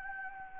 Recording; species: mosquito wingbeat signal from an infrared sensor; Anopheles gambiae